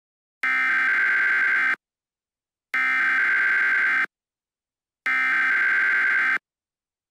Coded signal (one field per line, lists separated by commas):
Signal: Emergency Alert System (SAME) tones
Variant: header bursts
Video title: EAS Scenario #1: Bless Buddha